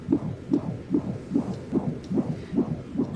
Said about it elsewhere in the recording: The sound of a baby's heartbeat in the womb when you provide that ultrasound for her.